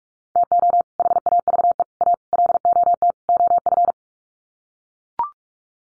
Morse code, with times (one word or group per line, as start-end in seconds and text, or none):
0.4-0.8 TO
1.0-1.8 HAVE
2.0-2.1 A
2.3-3.1 LOT
3.3-3.9 OF